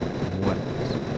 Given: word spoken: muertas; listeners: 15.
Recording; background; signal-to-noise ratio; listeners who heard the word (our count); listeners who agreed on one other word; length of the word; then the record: one Spanish word in noise, from a listening test; noise modulated by three-talker babble; -3.9 dB; 0 of 15; 7 of 15; 0.78 s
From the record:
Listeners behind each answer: 7, 2, 1, 1, 1, 1, 1, 1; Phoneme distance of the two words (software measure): 10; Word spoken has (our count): 2 syllables, 7 phonemes, stress on syllable 1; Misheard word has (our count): 2 syllables, 7 phonemes, stress on syllable 1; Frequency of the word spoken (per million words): 8.93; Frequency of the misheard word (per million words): 17.33